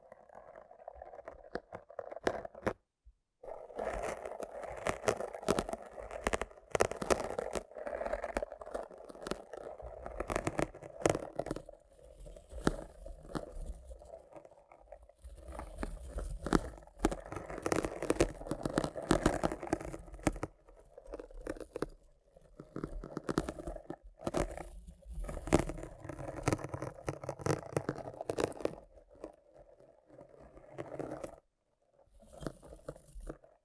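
Rough brain cleaning and picking: dense, wet crackling and scraping with sharp clicks and snaps throughout, carried on a steady mid-pitched rasp. The texture comes in bursts, broken by short quiet gaps near 3, 15, 20 and 31 seconds.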